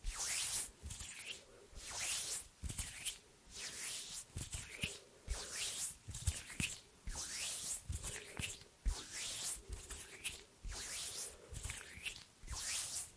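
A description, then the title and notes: Hands rub together in a steady rhythm, each bright, hissy swipe lasting about half a second and repeating roughly every second. Soft taps and clicks fall between strokes, with brief near-silent gaps, and no voices throughout. ASMR Hand sounds No talking.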